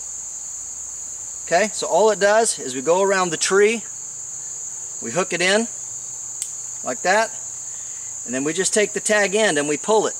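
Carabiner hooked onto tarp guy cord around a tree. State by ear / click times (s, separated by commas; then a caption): seated / 6.4 s. A carabiner is hooked onto a tarp guy cord that has been run around a tree. Someone talks while a steady high cricket-like insect drone runs throughout. A short, sharp click at 6.4 s marks the gate snapping closed around the cord, seating it.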